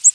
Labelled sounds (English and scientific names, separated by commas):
Ovenbird (Seiurus aurocapilla) flight call